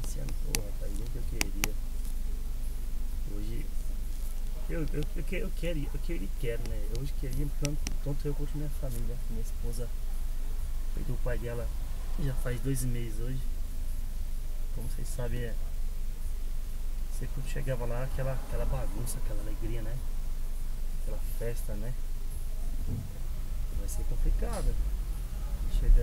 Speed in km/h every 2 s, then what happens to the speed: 0, 0, 0, 0, 0, 0, 0, 0, 0, 0, 0, 0, 0.
0-24 standing.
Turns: none.